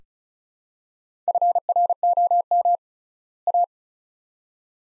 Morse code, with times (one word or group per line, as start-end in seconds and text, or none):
1.3-2.8 FROM
3.5-3.6 A